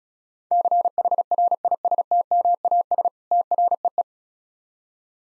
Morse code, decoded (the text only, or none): CHRISTMAS TREE